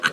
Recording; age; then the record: pig call; piglet (1 to 25 days)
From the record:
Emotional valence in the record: positive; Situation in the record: before nursing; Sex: male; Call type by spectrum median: low-frequency call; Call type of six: low-frequency tonal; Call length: 0.12 s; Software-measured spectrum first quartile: 1417 Hz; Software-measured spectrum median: 1747 Hz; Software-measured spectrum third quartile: 3247 Hz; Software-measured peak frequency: 1495 Hz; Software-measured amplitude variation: 270 dB a second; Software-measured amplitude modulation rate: 4.0 a second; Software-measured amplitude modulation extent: 67.3 dB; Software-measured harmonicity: 5.0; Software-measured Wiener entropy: -1.49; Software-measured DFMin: 1220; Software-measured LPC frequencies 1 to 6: 1530, 2564, 3014, 4104, 6226, 7461 Hz